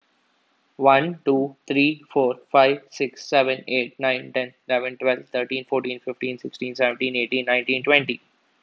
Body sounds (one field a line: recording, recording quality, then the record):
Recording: counting at a fast pace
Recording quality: excellent, no background noise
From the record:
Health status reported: healthy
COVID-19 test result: negative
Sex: male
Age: 23 years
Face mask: not worn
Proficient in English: yes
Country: India